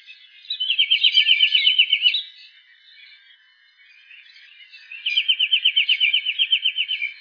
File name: Tufted Titmouse